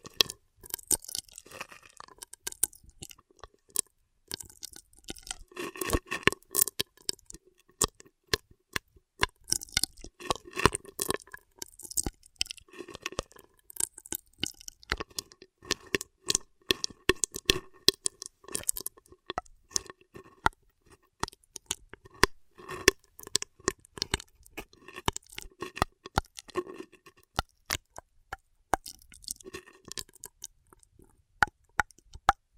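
Intense straw sounds: a dense stream of sharp crinkly clicks and crunchy bursts over a steady hollow tone, continuing without pause throughout.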